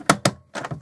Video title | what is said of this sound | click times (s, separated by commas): Bacon jerky home made for Russ meek and the man cave | these buttons to release it | 0.1 s, 0.3 s